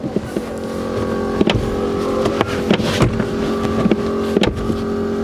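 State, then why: Not seated. A folding rear seat in a 2015 Kia Carnival SLi people mover is pushed back toward its floor latch, with several knocks at about 1.5, 2.4, 2.7, 3.9 and 4.4 seconds over a steady hum. The seat has not clicked into its latch yet, with the carpet mats thought to be blocking it.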